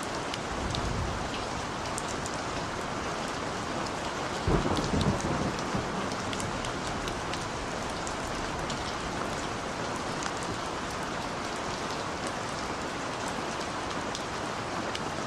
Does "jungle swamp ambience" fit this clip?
no